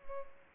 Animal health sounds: mosquito wingbeat signal from an infrared sensor; Culex pipiens

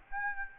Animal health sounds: mosquito wingbeat signal from an infrared sensor; Aedes aegypti

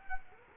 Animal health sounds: mosquito wingbeat signal from an infrared sensor; Culex quinquefasciatus

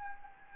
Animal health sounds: mosquito wingbeat signal from an infrared sensor; Anopheles gambiae

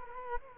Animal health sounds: mosquito wingbeat signal from an infrared sensor; Culex quinquefasciatus

